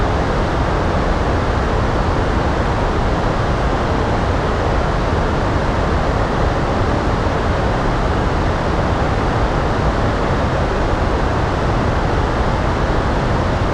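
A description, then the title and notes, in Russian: A steady blend of pink and white noise runs unchanged for the full fourteen seconds, a dense, even hiss with a full low rumble underneath and bright sizzle on top. Nothing rises or falls, and no separate events or background sounds break through. Успокаивающий Розовый Шум. Сочетанием Розового и Белого Шума.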